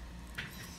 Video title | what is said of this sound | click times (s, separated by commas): Houston Cosmetic Dentist...How to make your teeth show when you smile! | we haven't altered the teeth in any way and it just snaps right in it's | 0.4 s